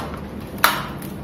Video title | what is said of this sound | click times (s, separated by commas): cara instalasi dan penggunaan alat aktif cpap - MEDIN | bunyi klik ini | 0.6 s